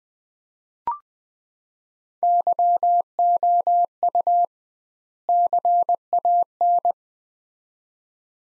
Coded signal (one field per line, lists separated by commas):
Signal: Morse code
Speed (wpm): 20 wpm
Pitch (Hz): 700 Hz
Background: none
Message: YOU CAN